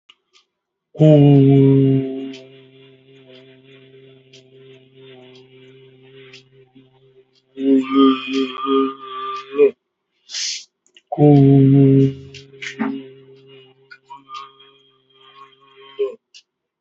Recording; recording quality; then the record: sustained vowel as in boot; moderate, slight background noise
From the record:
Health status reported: COVID-19 positive, mild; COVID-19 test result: positive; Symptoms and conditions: cough, breathing difficulty, sore throat, fever, loss of smell and taste, pneumonia, diabetes, ischaemic heart disease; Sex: male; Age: 62 years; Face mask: not worn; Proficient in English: yes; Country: India